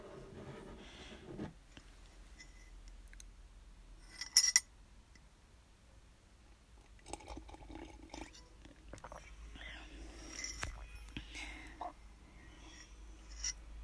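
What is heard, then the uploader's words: Mouth sounds of chewing, crunching and slurping come in short, irregular bursts, with a sharp clatter around four seconds and scattered clicks later on. A low steady hum runs underneath, and faint murmuring voices drift through the background. Sʟᴜʀᴘɪɴɢ, ᴄʜᴇᴡɪɴɢ, ᴄʀᴜɴᴄʜɪɴɢ, ᴛʏᴘɪɴɢ, sᴛɪʀʀɪɴɢ ᴀɴᴅ ᴀʟsᴏ ᴀɴɪᴍᴇ ɪɴ ᴛʜᴇ ʙᴀᴄᴋɢʀᴏᴜɴᴅ.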